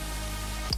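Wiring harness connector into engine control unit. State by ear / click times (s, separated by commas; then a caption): seated / 0.7 s. A second wiring harness connector is pushed ramp-side first toward its lock into the engine control unit (a Power+ ECM) of a FIAT 500 Turbo/Abarth. Over steady background music, it clicks and locks at 0.7 s, and the connector is seated.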